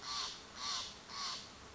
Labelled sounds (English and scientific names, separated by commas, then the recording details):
Steller's Jay (Cyanocitta stelleri)
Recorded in Sonoma County, California